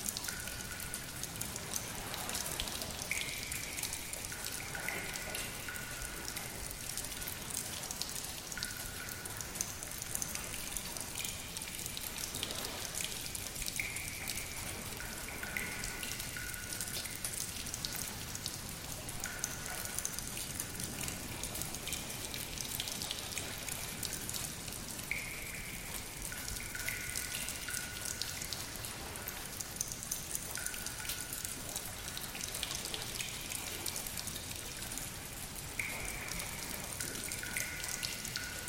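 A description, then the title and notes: Steady, dense rain hisses throughout, with echoing cave drips ringing out about every five to six seconds over the constant downpour. Echoing, Dripping Cave to go along with the soothing Thunderstorms.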